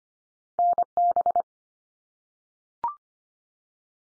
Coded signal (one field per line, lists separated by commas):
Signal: Morse code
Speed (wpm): 25 wpm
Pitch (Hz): 700 Hz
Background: none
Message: NB